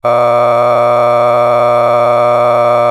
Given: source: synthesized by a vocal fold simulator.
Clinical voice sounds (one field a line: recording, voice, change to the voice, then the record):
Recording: sustained vowel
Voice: male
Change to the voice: a random mix of aspiration noise, stiffness perturbation and strain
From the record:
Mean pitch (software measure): 120 Hz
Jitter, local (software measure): 2.02%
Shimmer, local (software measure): 4.6%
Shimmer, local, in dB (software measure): 0.40 dB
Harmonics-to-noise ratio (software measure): 12.6 dB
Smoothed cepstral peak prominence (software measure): 16.3 dB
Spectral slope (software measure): -16.1 dB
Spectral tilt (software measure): -11.1 dB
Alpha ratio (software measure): -6.5 dB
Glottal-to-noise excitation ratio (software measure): 0.966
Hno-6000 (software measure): 2.2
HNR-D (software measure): 25.0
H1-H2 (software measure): 3.5 dB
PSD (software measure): 1.5e-04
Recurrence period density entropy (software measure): 0.109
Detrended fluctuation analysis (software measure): 0.0377